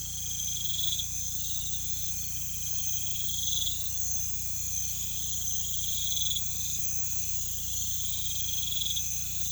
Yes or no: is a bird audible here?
no